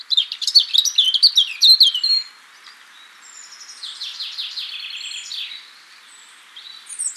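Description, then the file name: European robin singing a loud quick phrase of sharp high notes, a short gap, then softer descending trills and a final thin note. "Erithacus rubecula"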